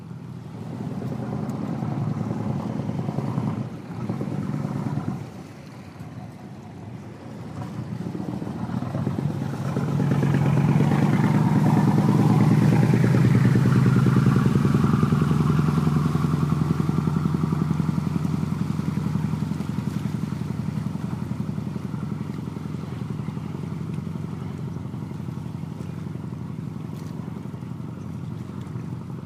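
A boat motor hums steadily throughout, a low droning rumble with a faint rushing wash above it. Around ten seconds the engine swells louder and rougher, peaking near fifteen seconds before easing back to a steady cruising drone for the rest.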